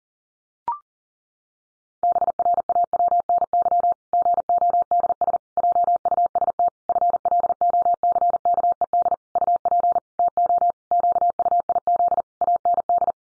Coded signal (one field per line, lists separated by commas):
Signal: Morse code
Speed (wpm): 40 wpm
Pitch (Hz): 700 Hz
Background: none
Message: BRAWNY GODS JUST FLOCKED UP TO QUIZ AND